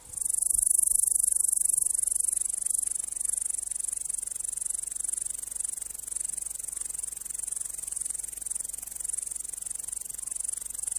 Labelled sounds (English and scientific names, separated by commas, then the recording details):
Upland Green Bush-cricket (Tettigonia cantans) stridulation
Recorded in the wild
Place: Eutin, Holsteinische Schweiz, Schleswig-Holstein, DE
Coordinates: 54.132, 10.614
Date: 1992-09-15 14:39
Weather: leicht windig, 18°C
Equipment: Marantz CP 430, Sennheiser ME 80, Kopie Tesla B 116
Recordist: Tembrock, Günter